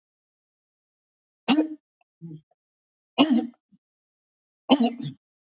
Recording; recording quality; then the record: shallow voluntary cough; excellent, no background noise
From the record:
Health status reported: COVID-19 positive, moderate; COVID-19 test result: positive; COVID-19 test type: RT-PCR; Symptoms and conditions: cough, fever, fatigue, hypertension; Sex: female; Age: 71 years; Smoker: no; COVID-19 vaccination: both doses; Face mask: worn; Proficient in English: no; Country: India